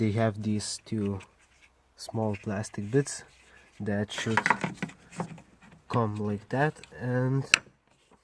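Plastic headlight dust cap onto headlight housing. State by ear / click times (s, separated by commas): not seated / none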